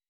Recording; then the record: hydrophone in a shrimp aquaculture tank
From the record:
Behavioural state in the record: weakened